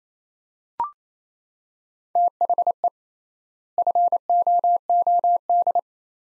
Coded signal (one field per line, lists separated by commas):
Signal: Morse code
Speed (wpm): 28 wpm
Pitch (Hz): 700 Hz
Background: none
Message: THE FOOD